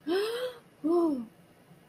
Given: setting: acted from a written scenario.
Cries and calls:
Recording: vocal sound without words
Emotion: romantic love

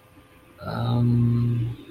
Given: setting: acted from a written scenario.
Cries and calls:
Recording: vocal sound without words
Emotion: confusion

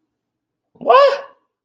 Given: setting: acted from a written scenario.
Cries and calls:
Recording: vocal sound without words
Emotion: confusion

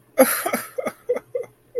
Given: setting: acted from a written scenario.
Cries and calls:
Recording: vocal sound without words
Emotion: sadness

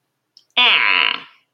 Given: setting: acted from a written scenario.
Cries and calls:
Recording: vocal sound without words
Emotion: disgust

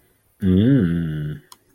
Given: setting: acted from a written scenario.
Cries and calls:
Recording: vocal sound without words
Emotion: desire

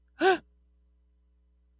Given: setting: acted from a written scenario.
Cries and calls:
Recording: vocal sound without words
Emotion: negative surprise

